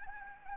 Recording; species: mosquito wingbeat signal from an infrared sensor; Anopheles gambiae